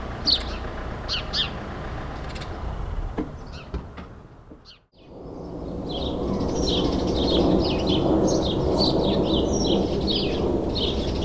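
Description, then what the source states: Sparrows giving short repeated chirps, sparse at first, then a brief silence and a denser run of chatter over a low rumbling background. Several sparrows in a suburban setting, May 2022.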